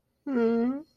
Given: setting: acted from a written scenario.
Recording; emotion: vocal sound without words; distress